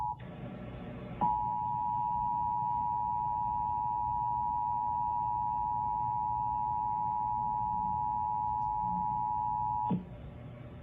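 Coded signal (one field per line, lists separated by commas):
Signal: Emergency Alert System (SAME) tones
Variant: 853 and 960 Hz attention tone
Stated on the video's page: Emergency Alert System immediate evacuation alerts, two edited together.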